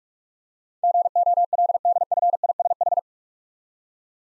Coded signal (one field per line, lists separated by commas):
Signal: Morse code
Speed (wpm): 44 wpm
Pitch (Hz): 700 Hz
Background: none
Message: GOLDFISH